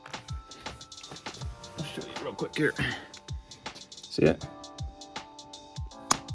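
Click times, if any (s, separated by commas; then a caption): 6.1 s. The plastic tab of the stock speaker mounting bracket on a 2014-and-up Mitsubishi Outlander Sport is pressed back into place on the car door during a speaker replacement. Someone talks over background music and scattered light taps. A sharp click at 6.1 s shows the tab has seated.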